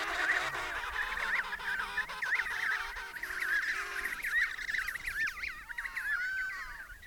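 Penguin colony chorus, many birds giving warbling, quavering brays that overlap steadily, with a few higher wavering notes toward the end.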